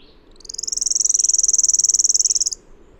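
Bird song: a single shrill, rapidly pulsed trill that builds over half a second, holds steady, then ends suddenly, about two seconds long in all.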